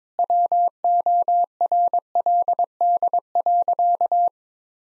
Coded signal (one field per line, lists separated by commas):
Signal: Morse code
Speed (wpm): 21 wpm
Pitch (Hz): 700 Hz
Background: none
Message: WORLD.